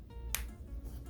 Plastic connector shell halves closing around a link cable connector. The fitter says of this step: there we go it's all clicked into place but then I still like to sort of little